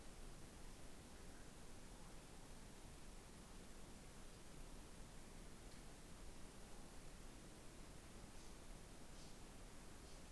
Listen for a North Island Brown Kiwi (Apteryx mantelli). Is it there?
no